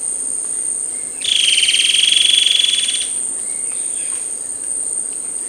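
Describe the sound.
Bird call: one sustained, buzzy, slightly wavering high note lasting about two seconds, over a constant high hiss.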